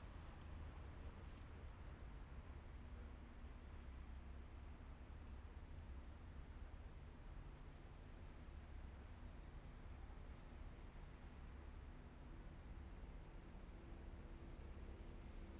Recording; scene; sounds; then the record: everyday scene through a hearing-aid microphone; in traffic; traffic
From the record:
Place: main city hub, rush hour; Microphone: behind the ear, right, rear